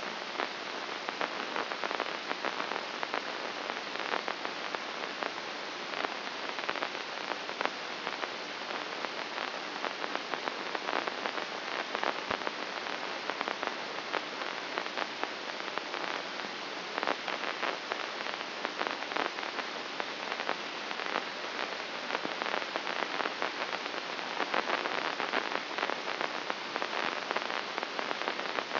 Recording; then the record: brain microelectrode recording played as sound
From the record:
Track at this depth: inside the subthalamic nucleus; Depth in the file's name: 3.831 mm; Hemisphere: left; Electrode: 2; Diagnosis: Parkinson's disease